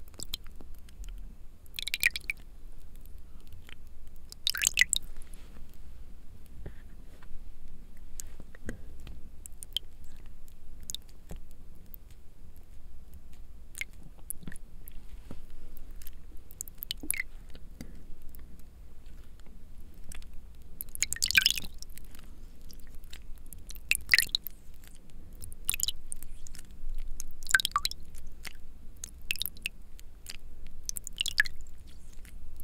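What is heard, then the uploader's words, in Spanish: Water drops and spray bursts sound in irregular short wet clicks and hisses, strongest near two, five, twenty-one and twenty-five seconds, over a low hum. Sonidos muy relajantes de gotas cayendo, pulverizadores de agua y más.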